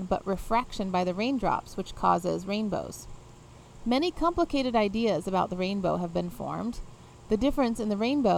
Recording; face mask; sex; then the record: reading aloud; none; female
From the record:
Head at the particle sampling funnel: facing it